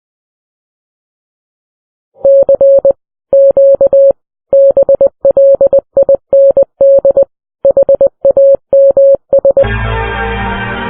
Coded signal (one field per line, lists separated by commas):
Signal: Morse code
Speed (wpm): 20 wpm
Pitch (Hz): 550 Hz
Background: music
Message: C Q BLIND HAMS